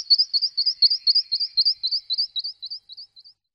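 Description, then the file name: Western rock nuthatch call: a rapid run of high upslurred notes, steady at first, then slowing and dropping slightly in pitch as it fades out. "brhlík skalní"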